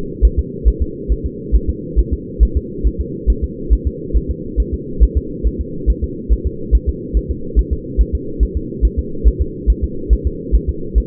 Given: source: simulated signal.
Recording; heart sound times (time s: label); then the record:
fetal heart sounds
0.25 s: S1
0.39 s: S2
0.68 s: S1
0.82 s: S2
1.12 s: S1
1.26 s: S2
1.55 s: S1
1.70 s: S2
1.99 s: S1
2.13 s: S2
2.43 s: S1
2.57 s: S2
2.87 s: S1
3.01 s: S2
3.30 s: S1
3.44 s: S2
3.73 s: S1
3.87 s: S2
4.17 s: S1
4.31 s: S2
4.60 s: S1
4.74 s: S2
5.03 s: S1
5.17 s: S2
5.47 s: S1
5.61 s: S2
5.90 s: S1
6.04 s: S2
6.32 s: S1
6.46 s: S2
6.75 s: S1
6.89 s: S2
7.17 s: S1
7.31 s: S2
7.59 s: S1
7.73 s: S2
8.01 s: S1
8.15 s: S2
8.43 s: S1
8.57 s: S2
8.85 s: S1
8.99 s: S2
9.27 s: S1
9.41 s: S2
9.70 s: S1
9.84 s: S2
10.13 s: S1
10.27 s: S2
10.55 s: S1
10.69 s: S2
10.98 s: S1
From the record:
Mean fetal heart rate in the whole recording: 140 bpm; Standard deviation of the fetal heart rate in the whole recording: 2 bpm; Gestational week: 34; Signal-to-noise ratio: -4.3 dB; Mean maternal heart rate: 72 bpm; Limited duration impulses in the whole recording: absent